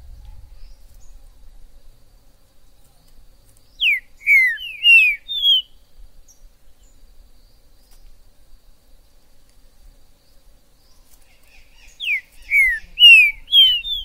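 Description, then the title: Green-winged saltator song: two clear phrases of four or five loud, downward-slurred whistles, about eight seconds apart, with silence between them. Trinca-ferro recorded in the forest (mato), described as a 'major' singer, calling, singing and acting male in a contest; used to stir up a pet bird. "Esse É PERFEITO Para ESQUENTAR Seu TRINCA Piando, Cantando E Macheando Na DISPUTA. Esse VÍDEO de TRINCA FERRO no MATO vai DEIXAR seu TRINCA LOUCO!! Trinca ferro MAJOR no MATO!!"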